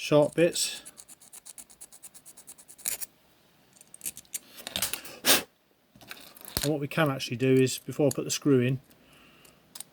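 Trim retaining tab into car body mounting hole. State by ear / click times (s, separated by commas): seated / 9.8 s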